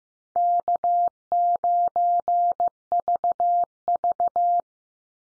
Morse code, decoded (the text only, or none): K9VV